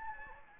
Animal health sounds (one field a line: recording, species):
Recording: mosquito wingbeat signal from an infrared sensor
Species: Anopheles gambiae